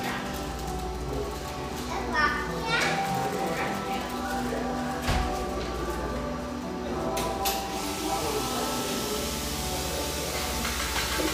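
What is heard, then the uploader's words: A busy cafe with a steady wash of overlapping voices and chatter, including children's voices, running the full eleven seconds. Sharp clatters and clinks of dishes stand out near two, five and seven seconds over a constant low hum. Our final Portland recording session (for now) takes place in this industrial-aesthetic cafe in Portland's pictureesque Grant Park neighborhood.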